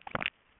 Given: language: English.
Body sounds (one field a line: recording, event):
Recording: throat vibration sensor signal played as sound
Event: swallow